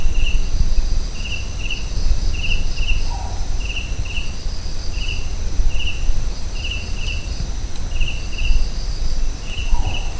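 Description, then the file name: Collared scops owl calls with a brief, mellow, downslurred hoot, heard twice roughly six seconds apart, beneath constant rhythmic cricket chirping and a thin insect hiss. Recorded at Kaziranga. "collared scops owl Otus lettia, Kaziranga"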